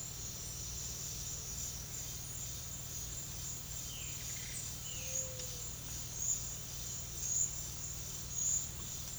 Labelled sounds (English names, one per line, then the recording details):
none
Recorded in pastures near Puerto Asís, Putumayo, Colombia, on 4 March 2025 at 10:30
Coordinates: 0.502, -76.324
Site GP07